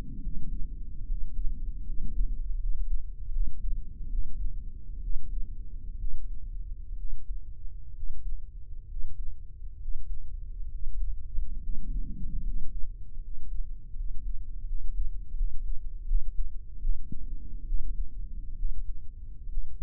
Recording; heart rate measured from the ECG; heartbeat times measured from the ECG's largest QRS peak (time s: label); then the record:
heart sounds by microphone in the right ear; 72 bpm
0.19 s: heartbeat
1.04 s: heartbeat
1.82 s: heartbeat
2.56 s: heartbeat
3.29 s: heartbeat
4.07 s: heartbeat
4.99 s: heartbeat
5.96 s: heartbeat
6.94 s: heartbeat
7.92 s: heartbeat
8.85 s: heartbeat
9.77 s: heartbeat
10.68 s: heartbeat
11.58 s: heartbeat
12.41 s: heartbeat
13.18 s: heartbeat
13.92 s: heartbeat
14.63 s: heartbeat
15.33 s: heartbeat
16.03 s: heartbeat
16.78 s: heartbeat
17.63 s: heartbeat
18.53 s: heartbeat
19.46 s: heartbeat
From the record:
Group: healthy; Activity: cold pressor test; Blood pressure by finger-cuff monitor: 133/78 mmHg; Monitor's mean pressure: 95 mmHg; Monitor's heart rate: 70 bpm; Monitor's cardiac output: 7.5 L/min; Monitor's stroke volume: 107 mL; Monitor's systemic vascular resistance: 910 dyn s/cm5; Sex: male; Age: 23 years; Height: 178 cm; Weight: 96.6 kg